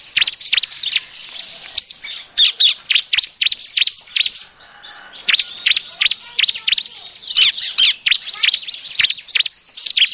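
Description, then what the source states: Bar-winged prinia chirps, high sharp notes in quick bursts, busy and overlapping, pausing briefly before resuming. Noisy calling, offered as an effective lure sound.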